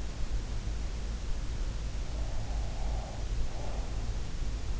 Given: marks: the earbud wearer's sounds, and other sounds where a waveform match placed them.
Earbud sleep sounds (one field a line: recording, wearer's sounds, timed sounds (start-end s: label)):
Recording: sounds in sleep by an in-ear microphone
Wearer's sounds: breath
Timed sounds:
2.17-3.98 s: breath